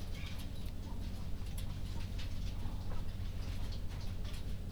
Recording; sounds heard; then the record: poultry house recording; sick chickens (respiratory disease)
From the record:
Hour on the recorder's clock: 20